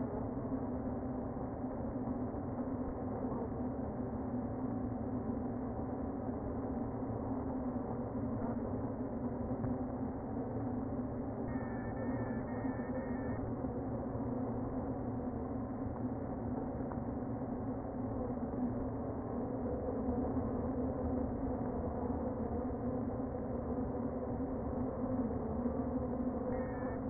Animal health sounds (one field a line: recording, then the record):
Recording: honeybee colony, microphone inside the hive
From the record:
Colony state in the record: queen present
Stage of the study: before two queens were removed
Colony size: about 60,000 bees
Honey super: yes